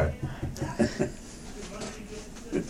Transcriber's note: laughter